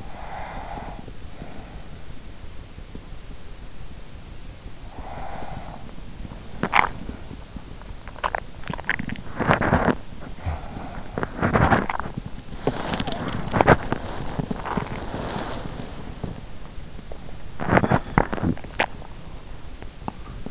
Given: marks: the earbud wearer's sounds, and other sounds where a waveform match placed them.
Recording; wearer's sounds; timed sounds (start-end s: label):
sounds in sleep by an in-ear microphone; breath, teeth grinding, body movement
0.00-2.30 s: breath
4.78-6.13 s: breath
6.42-7.22 s: teeth grinding
8.57-20.51 s: body movement